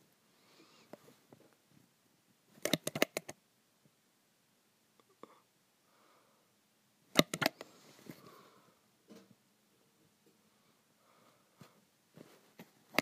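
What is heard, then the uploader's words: Graphite scrapes and taps on metal in short bursts, with sharp clustered strikes near 3 and 7 seconds and quieter scratching between. ASMR Graphite on Metal.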